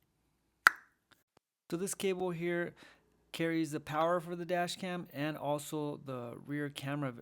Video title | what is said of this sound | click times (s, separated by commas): 2007 Toyota 4Runner Dash Cam Install | It just snaps right into place. | 0.7 s